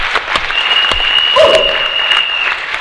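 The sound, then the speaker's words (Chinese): An audience claps steadily in a dense, continuous patter of applause, with a faint sustained whistle-like tone running through it and brief vocal sounds mixed in. “给他一个掌声。”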